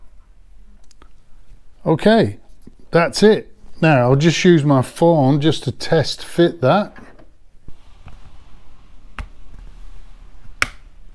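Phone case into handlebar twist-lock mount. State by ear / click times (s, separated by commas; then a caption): seated / 10.6 s. Someone talks, then a phone in a Quad Lock case is test fitted onto the universal adaptor mount on the handlebars of a BMW R1250 GS motorcycle and twisted until it locks. Faint ticks and handling sounds lead up to a sharp click at 10.6 s as the phone seats in the twist-lock mount.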